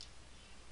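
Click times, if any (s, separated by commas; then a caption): 0.0 s. A plastic tab on a Takara Tomy TA-33 Transformers Animated Rodimus figure is pushed all the way into the chest section. A short, sharp tick sounds at 0.0 s, followed by a steady, low-level broadband hiss. The tab is seated and the chest section is locked in place.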